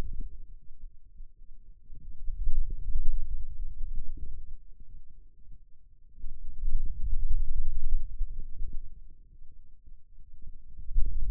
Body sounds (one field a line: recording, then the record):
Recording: forearm muscle sounds (acoustic myography)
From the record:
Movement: hand closing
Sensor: system 2, bracelet of six BSWA MPA416 microphones around the upper forearm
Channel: 1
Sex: male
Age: 22 years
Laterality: right